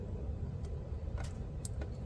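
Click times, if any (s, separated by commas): 1.6 s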